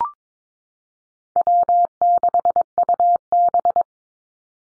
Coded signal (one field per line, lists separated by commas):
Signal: Morse code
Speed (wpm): 22 wpm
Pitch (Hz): 700 Hz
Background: none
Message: W6UB